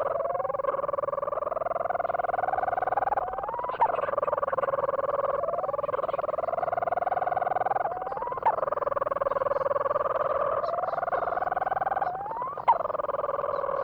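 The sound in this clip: Leach's storm-petrel giving a rapid churring purr, broken every four to five seconds by a short pause ending in a sharp upward squeak before the churr carries on.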